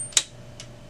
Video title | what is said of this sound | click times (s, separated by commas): Brother HL L5200dw - Replace and Reset Drum - Onyx Imaging | it'll click so then you know it's in there | 0.2 s